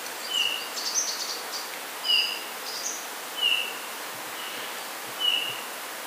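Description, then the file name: Eurasian bullfinch giving four soft, short piping whistles, one every one to two seconds, mixed with higher chirps from other birds over a steady hiss. "Pyrrhula pyrrhula"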